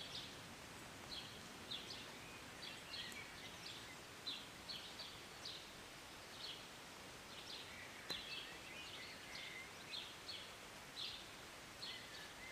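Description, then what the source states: Birds singing, high chirps and short twittering phrases, with a sharp click near eight seconds and steady rain in the background. Birds singing and chirping on a rainy Sunday morning, heard from a city balcony; short rain.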